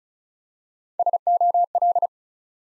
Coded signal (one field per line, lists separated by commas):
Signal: Morse code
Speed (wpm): 36 wpm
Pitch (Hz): 700 Hz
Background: none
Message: SOL